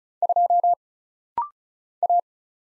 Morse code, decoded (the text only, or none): 2 A